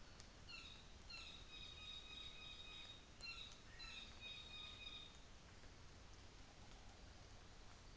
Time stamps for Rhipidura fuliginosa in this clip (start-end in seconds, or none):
3.23-4.74